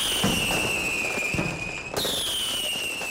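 Fireworks set off for the New Year celebrations crackle and bang in a dense, continuous barrage, with a steady high-pitched whistle running throughout and a sharp jump in the whistle's pitch partway through.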